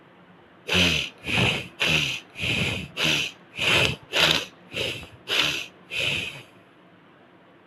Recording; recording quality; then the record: shallow breathing; excellent, no background noise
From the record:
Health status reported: COVID-19 positive, mild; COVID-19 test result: positive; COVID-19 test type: RT-PCR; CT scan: not taken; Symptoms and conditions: cold, loss of smell and taste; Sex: male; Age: 21 years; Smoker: no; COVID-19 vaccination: both doses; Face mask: not worn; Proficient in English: yes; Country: India